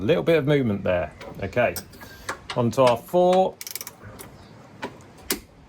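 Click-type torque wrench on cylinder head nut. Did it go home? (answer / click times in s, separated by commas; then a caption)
yes / 5.3 s. Someone talks while a click-type torque wrench is ratcheted on cylinder head nut number 4 of a classic Fiat 500/126, with a few quick ratcheting ticks as the nut turns round slightly. The wrench gives a sharp click at its setting at 5.3 s, confirming the nut is torqued after a little bit of movement.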